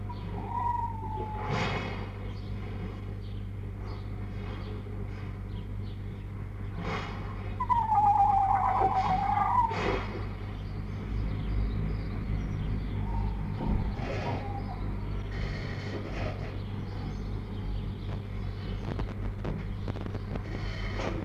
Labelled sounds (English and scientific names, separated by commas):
Red Fox (Vulpes vulpes)